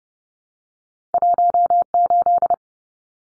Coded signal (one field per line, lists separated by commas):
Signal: Morse code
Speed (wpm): 30 wpm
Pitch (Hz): 700 Hz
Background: none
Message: 18